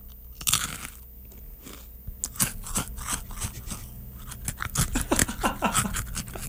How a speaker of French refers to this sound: on va au micro magique pour entendre … mâcher son bretzel à la pizza